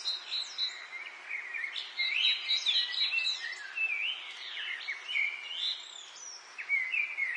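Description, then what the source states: Birds singing in a busy chorus, with overlapping warbled and chirping phrases, quick whistled notes and rising and falling trills throughout. Birdsong in an English garden in the late afternoon, urban atmosphere.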